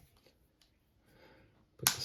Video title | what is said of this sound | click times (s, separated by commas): Removable Arrow Holder from Laurel Mountain Outfitters | the standard on oo that's a nice click | 1.9 s